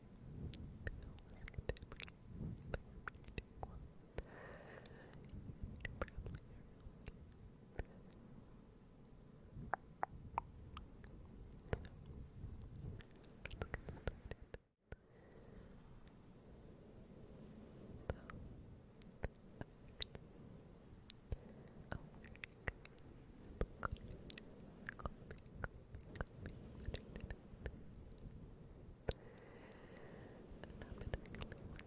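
Close, unintelligible whispering fills the clip, thick with wet mouth clicks and smacks that crackle almost constantly in the foreground. A low, soft murmur runs underneath, and the sound cuts out completely for a moment around the midpoint before resuming just as densely.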